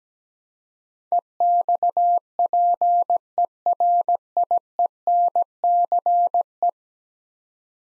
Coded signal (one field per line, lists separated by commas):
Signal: Morse code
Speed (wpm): 17 wpm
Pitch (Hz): 700 Hz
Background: none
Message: EXPERIENCE